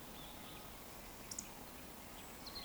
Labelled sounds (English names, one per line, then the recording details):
Eurasian Woodcock
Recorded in Baden-Württemberg, Germany, on 16 June 2020 at 20:04 UTC
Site 14569, 102 m above sea level